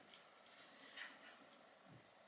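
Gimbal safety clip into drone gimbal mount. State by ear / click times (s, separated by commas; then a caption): not seated / none. The plastic safety clip of a Zenmuse H3-3D drone camera gimbal mount is handled and pressed onto one side of the mount, bringing a soft handling knock at about 0.5 s over a steady hiss. Nothing has seated or clicked yet.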